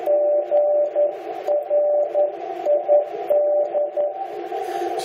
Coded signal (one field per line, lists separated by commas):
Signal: Morse code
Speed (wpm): 11 wpm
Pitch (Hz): 590 Hz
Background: music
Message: GRID